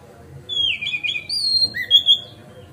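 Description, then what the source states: Oriental magpie-robin song, clear high whistled notes and slurred phrases over faint low background hum. Kacer song used as masteran (tutoring other birds), on a terrace.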